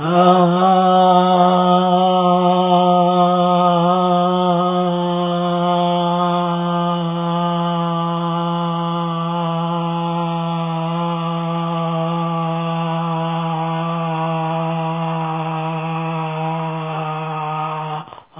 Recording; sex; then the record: sustained vowel /a/; male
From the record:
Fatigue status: fatigue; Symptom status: symptomatic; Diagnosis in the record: COVID-19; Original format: 3gp